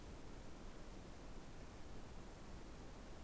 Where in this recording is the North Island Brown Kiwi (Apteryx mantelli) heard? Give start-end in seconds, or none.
none